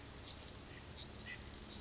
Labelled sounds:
Bewick's Wren
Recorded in Sonoma County, California

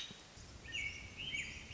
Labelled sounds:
American Robin
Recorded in Sonoma County, California

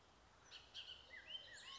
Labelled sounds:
Bullock's Oriole
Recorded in Sonoma County, California

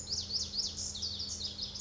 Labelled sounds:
Pacific Wren
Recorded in Sonoma County, California

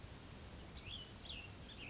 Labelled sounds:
Cassin's Vireo
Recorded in Sonoma County, California

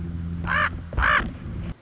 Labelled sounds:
Common Raven
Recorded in Sonoma County, California

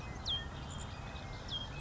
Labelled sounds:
Savannah Sparrow
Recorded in Sonoma County, California

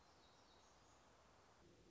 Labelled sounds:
Black-throated Gray Warbler
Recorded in Sonoma County, California

